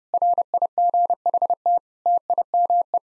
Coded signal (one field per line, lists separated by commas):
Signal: Morse code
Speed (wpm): 30 wpm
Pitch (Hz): 700 Hz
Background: none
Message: RIGHT TIME